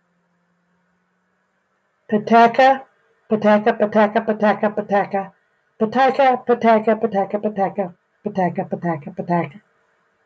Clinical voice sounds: repeated syllables /pa ta ka/; female; 60 to 69 years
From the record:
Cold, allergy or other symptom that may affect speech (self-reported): no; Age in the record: 60 years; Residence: North Carolina, United States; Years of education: 14

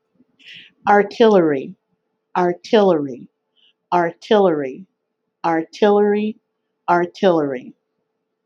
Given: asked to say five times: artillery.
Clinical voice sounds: repeated word; female; 50 to 59 years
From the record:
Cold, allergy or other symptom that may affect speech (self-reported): no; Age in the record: 51 years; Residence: Arkansas, United States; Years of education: 2

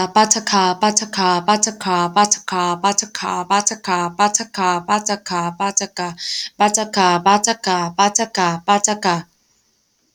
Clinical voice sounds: repeated syllables /pa ta ka/; female; 20 to 29 years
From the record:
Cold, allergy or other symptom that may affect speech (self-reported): no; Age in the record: 25 years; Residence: North Carolina, United States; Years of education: 12

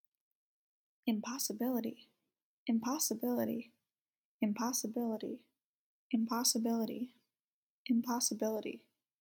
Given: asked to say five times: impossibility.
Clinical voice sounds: repeated word; female; 20 to 29 years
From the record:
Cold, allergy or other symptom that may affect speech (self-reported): no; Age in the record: 23 years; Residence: Virginia, United States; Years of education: 17

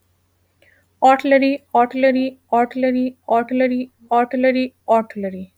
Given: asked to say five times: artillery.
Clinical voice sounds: repeated word; female; 20 to 29 years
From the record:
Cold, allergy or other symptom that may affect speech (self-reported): no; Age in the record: 27 years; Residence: North Carolina, United States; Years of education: 14

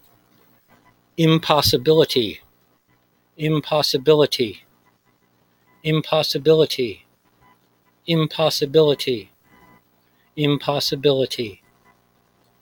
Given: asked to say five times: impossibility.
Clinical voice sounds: repeated word; male; 50 to 59 years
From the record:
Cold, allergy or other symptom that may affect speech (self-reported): no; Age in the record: 55 years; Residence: Florida, United States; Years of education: 18

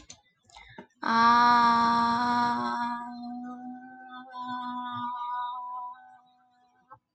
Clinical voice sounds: vowel held as long as possible; female; 20 to 29 years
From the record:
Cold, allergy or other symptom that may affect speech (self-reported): no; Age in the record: 21 years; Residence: New York, United States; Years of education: 15

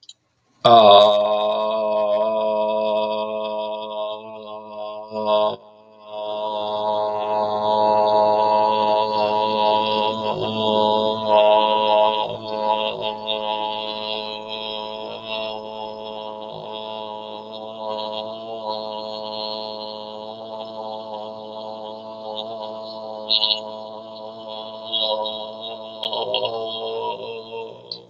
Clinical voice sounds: vowel held as long as possible; male; 30 to 39 years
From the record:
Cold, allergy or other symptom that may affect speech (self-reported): no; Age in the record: 33 years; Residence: Texas, United States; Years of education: 14

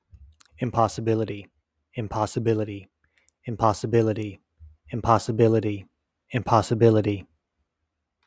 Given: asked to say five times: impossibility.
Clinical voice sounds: repeated word; male; 30 to 39 years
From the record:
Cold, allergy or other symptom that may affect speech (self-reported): no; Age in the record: 38 years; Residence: New York, United States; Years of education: 18

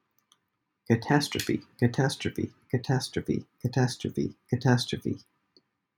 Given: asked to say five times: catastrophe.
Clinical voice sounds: repeated word; male; 30 to 39 years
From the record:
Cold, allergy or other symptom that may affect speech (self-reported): no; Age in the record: 36 years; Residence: United States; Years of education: 20

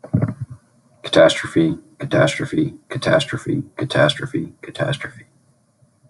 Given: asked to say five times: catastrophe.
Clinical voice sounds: repeated word; male; 20 to 29 years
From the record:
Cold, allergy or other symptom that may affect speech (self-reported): no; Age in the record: 22 years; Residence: Ohio, United States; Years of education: 16

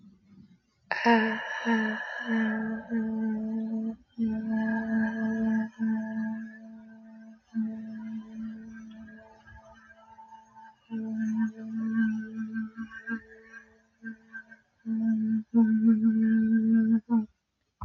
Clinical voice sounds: vowel held as long as possible; female; 20 to 29 years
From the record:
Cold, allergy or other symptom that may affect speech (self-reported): no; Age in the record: 24 years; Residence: Connecticut, United States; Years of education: 18

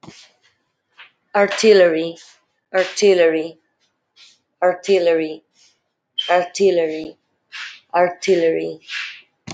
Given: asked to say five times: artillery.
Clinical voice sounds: repeated word; female; 20 to 29 years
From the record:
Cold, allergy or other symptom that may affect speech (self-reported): no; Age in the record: 22 years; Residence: Alabama, United States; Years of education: 12

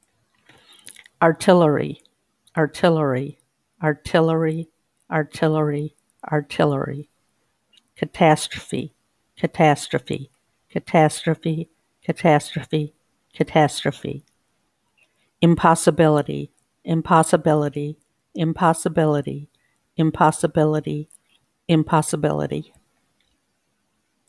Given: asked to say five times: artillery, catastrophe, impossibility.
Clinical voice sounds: three words, each repeated; female; 60 to 69 years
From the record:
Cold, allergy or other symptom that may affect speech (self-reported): no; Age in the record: 62 years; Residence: United States

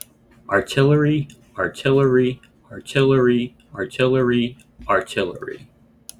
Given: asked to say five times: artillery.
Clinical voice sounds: repeated word; male; 20 to 29 years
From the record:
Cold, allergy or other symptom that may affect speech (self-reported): no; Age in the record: 24 years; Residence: Pennsylvania, United States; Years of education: 18

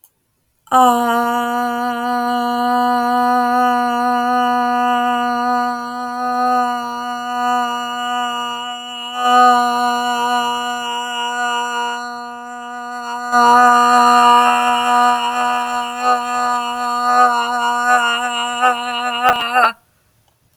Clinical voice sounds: vowel held as long as possible; female; 20 to 29 years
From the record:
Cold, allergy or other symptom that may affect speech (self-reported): no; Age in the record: 28 years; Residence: Texas, United States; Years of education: 16

